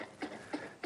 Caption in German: Das ist ein Igel, der den Husten hat. Und der Igel ist hier im Igelzentrum Zürich bestens aufgehoben. Da wird dem Igel geholfen. Wo wir hier unten jetzt im Behandlungsraum sind.